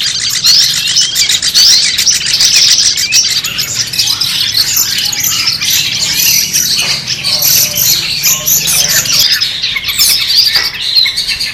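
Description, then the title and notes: Long-tailed shrike pouring out a long, continuous medley of high chattering and whistled notes, with lower notes breaking in during the second half. Competition-style song, used to train birds and as mental therapy for them. "Suara Lomba untuk Terapi Mental Cendet. Masteran Burung Cendet"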